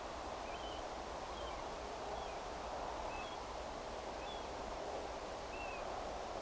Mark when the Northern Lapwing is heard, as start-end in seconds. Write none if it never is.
none